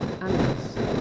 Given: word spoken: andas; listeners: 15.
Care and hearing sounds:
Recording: one Spanish word in noise, from a listening test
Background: noise modulated by three-talker babble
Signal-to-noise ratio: -7.9 dB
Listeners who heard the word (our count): 0 of 15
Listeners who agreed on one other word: 7 of 15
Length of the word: 0.61 s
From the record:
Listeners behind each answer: 7, 3, 2, 1, 1, 1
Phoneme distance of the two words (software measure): 20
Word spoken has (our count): 2 syllables, 5 phonemes, stress on syllable 1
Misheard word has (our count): 2 syllables, 5 phonemes, stress on syllable 1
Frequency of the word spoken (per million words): 2.91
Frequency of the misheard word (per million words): 660.47

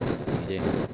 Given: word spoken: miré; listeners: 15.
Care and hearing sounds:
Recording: one Spanish word in noise, from a listening test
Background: noise modulated by three-talker babble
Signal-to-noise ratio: -4.9 dB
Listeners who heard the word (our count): 0 of 15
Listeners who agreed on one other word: 6 of 15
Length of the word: 0.54 s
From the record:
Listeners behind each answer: 6, 1, 1, 1, 1, 1, 1, 1, 1, 1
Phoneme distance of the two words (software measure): 7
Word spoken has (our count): 2 syllables, 4 phonemes, stress on syllable 2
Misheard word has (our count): 2 syllables, 3 phonemes, stress on syllable 2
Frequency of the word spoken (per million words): 9.02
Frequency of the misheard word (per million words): 6.92

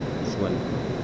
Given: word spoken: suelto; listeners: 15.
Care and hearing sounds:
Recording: one Spanish word in noise, from a listening test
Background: speech-shaped noise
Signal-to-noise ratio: -4.4 dB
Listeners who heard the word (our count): 1 of 15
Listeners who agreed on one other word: 6 of 15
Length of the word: 0.65 s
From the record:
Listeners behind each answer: 6, 5, 1, 1, 1, 1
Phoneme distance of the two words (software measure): 10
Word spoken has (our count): 2 syllables, 6 phonemes, stress on syllable 1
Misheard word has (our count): 2 syllables, 6 phonemes, stress on syllable 1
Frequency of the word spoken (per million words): 7.09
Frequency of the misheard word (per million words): 19.56

